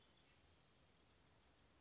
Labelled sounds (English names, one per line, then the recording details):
Western Flycatcher
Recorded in Sonoma County, California